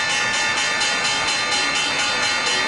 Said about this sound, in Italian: L'euforia alle stelle, avete sentito lo scampanellio di Wall Street?